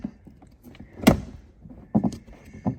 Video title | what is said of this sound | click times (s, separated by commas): How to REPLACE THE DOOR HANDLE - Fix for Floppy Lever! (Porsche Cayman 987) | slack to press this back in. Locks into place. | 1.1 s